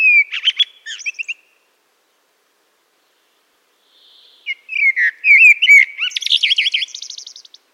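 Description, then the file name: Common blackbird song: a short mellow warbled phrase, a pause of about three seconds, then a longer fluty phrase ending in a high squeaky twitter. "Turdus merula"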